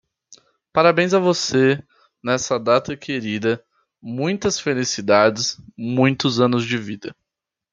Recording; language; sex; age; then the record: short text; Brazilian Portuguese; male; 18 to 19 years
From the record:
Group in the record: control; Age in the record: 18 years